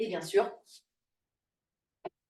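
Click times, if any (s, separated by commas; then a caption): 2.1 s. Someone talks briefly as the small, ultra-light plastic extension tubes of a Hyla water-filter vacuum cleaner are fitted together. One tube clips into another with a single sharp plastic-on-plastic click at 2.1 s, and the tubes are seated.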